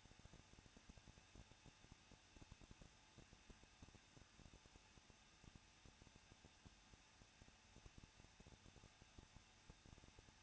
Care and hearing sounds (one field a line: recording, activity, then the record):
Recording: daily activity, microphone in the room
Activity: no activity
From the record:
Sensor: 2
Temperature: 21.0 degrees Celsius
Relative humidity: 37.5%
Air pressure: 1006.3 hPa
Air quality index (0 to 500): 223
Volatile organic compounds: 25 ppm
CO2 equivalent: 2838 ppm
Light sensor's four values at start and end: 2/3/2/2 and 2/3/2/2